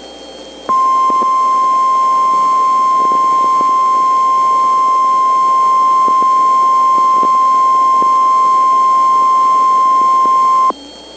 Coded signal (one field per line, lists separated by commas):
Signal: Emergency Alert System (SAME) tones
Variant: 1050 Hz attention tone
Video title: NH Required Monthly Test (8/8/16)